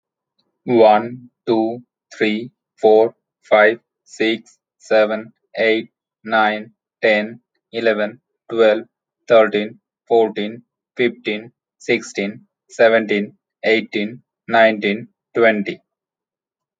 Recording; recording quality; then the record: counting at a normal pace; excellent, no background noise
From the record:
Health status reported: healthy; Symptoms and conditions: none ticked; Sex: male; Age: 32 years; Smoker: not ticked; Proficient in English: yes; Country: India